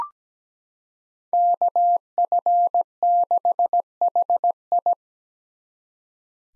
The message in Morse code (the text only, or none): KF6HI